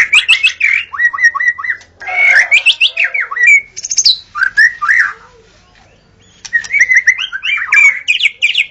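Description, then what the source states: White-rumped shama song: fast bursts of varied fluty whistles mixed with harsher scratchy notes; the bird pauses briefly, then resumes. Forest white-rumped shama; natural song.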